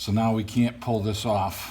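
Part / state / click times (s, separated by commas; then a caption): fuel line quick-connect coupling onto fuel filter / not seated / none. A man talks while handling the second fuel line quick-disconnect coupling at the fuel filter of a 1999–2004 Jeep Grand Cherokee, about to slide it onto the filter. Nothing has seated or clicked yet.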